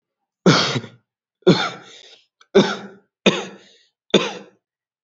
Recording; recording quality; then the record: heavy voluntary cough; excellent, no background noise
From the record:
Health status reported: healthy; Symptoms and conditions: cold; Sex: male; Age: 18 years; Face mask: not worn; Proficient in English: yes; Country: India